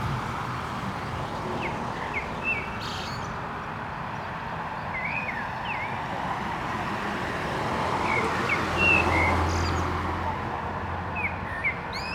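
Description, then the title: Common blackbird delivering fluty, slurred phrases with high squeaky tails, several spaced a few seconds apart, with road traffic droning underneath. Canal dike at Anderlecht, Brussels-Capital, Belgium, with car traffic; recorded using a Lom mikroUsi Pro microphone into a Zoom F3. "Digue du Canal, Anderlecht, Bruxelles-Capitale, Belgique - Blackbird and cars"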